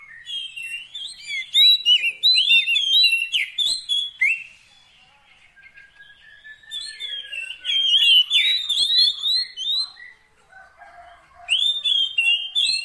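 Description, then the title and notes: Oriental magpie-robin singing long, rich phrases of whistled slurs and twittering notes. The phrases alternate with quieter gaps. Long-duration fill-in (isian) song of kacer, meant to get the bird singing vigorously (gacor) day and night. "Kacer Jadi Gacor Siang Malam. Isian Kacer Durasi Panjang"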